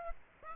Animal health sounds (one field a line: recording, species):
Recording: mosquito wingbeat signal from an infrared sensor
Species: Aedes aegypti